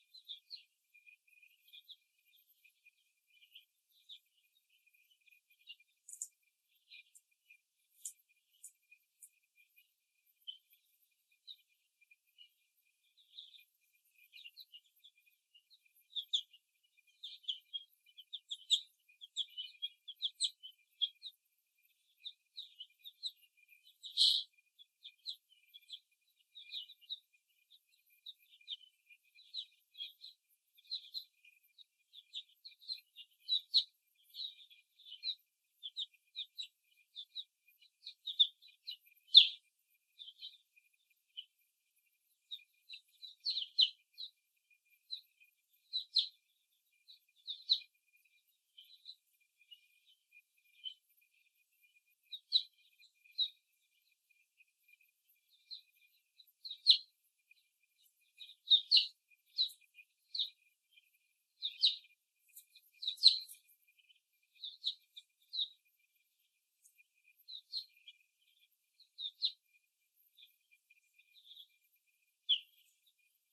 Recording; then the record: young laying hens in a cage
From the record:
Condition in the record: before the stressor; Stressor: simulated dog barking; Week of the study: 1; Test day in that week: 2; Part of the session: 1